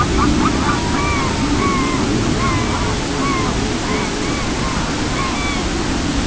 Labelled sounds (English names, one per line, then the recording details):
unidentified sound
Red-throated Loon
Pectoral Sandpiper
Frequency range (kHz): Red-throated Loon 0.2-1.5 kHz; Pectoral Sandpiper 0.1-0.7 kHz
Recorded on Arctic tundra, site CORI-1, on 16 June 2018
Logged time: 06:00